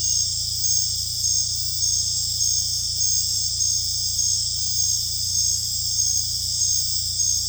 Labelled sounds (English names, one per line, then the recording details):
none
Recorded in secondary vegetation near Puerto Asís, Putumayo, Colombia, on 18 December 2024 at 20:30
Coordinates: 0.484, -76.319
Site GP06